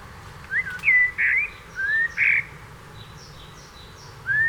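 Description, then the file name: Common blackbird whistled phrases: short fluting notes in several bursts, with fainter high notes between them. "Turdus merula"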